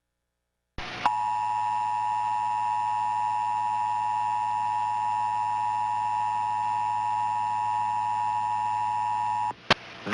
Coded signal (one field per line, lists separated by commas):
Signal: Emergency Alert System (SAME) tones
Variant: 853 and 960 Hz attention tone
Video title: TV EAS #4 (EAS# 10): Required Monthly Test (4/28/15)